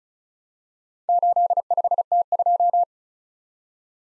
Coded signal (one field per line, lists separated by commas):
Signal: Morse code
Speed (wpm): 36 wpm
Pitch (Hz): 700 Hz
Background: none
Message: 85T2